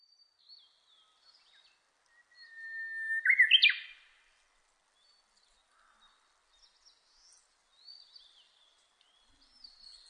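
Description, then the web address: Japanese bush warbler singing a drawn-out whistle that ends in a brisk twisting flourish, with scattered faint high bird chirps before and after. Recorded 30 April 2005. "2005 050430 uguisu"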